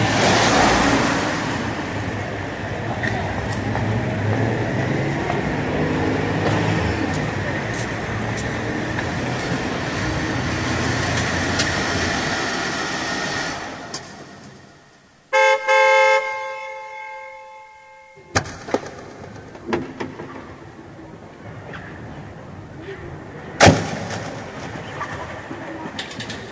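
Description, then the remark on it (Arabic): A steady roar of dense street traffic fills the first half, then a long, harmonic car horn blares for a few seconds, followed by quieter traffic with scattered sharp bursts. “وزاد الزحام في الشوارع تعبه تعبا.”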